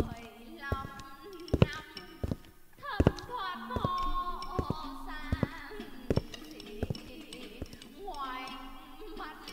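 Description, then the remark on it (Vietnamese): Heavy, thudding footsteps plod along in an uneven rhythm across a yard, approaching the porch of a house, each step a sharp dull knock, set against a wavering tonal murmur that rises and falls throughout. “Bởi vì trong tất cả những âm thanh đó, lão nghe rất rõ tiếng bước chân lịch bịch đi ngay ngoài sân, tiến dần về phía hiên nhà lão.”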